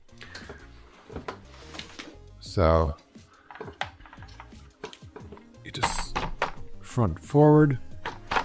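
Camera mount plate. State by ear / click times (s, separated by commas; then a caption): not seated / none. A camera quick release plate is slid forward into a tripod head's quick release clamp while someone talks, with soft handling taps and knocks, and tonal music-like sounds around 2.7 s and 7.5 s. The plate has not yet locked, and nothing has seated or clicked by the end of the clip.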